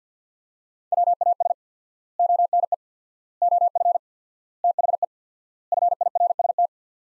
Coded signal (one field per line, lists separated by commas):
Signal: Morse code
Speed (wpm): 46 wpm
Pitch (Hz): 700 Hz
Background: none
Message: WAS ONE OF THE FIRST